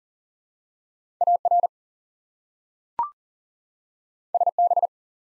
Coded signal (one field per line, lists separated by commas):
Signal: Morse code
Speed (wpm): 40 wpm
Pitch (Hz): 700 Hz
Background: none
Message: AR SB